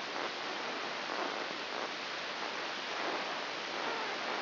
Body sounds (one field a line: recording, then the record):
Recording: brain microelectrode recording played as sound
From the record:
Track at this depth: inside the subthalamic nucleus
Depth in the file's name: 3.602 mm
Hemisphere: right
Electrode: 3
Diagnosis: Parkinson's disease